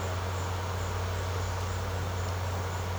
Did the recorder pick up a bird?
no